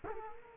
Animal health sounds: mosquito wingbeat signal from an infrared sensor; Culex quinquefasciatus

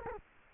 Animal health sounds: mosquito wingbeat signal from an infrared sensor; Culex quinquefasciatus

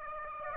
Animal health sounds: mosquito wingbeat signal from an infrared sensor; Aedes aegypti

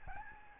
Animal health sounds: mosquito wingbeat signal from an infrared sensor; Aedes albopictus

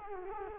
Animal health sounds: mosquito wingbeat signal from an infrared sensor; Culex quinquefasciatus

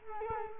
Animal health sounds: mosquito wingbeat signal from an infrared sensor; Culex quinquefasciatus

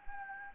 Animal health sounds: mosquito wingbeat signal from an infrared sensor; Anopheles gambiae

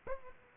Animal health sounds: mosquito wingbeat signal from an infrared sensor; Aedes aegypti

